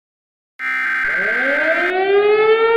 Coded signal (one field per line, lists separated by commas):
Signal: Emergency Alert System (SAME) tones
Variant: header bursts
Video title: EAS Scenario #3: Mickey Error